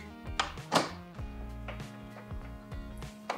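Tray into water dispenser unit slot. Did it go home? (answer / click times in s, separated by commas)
yes / 0.4 s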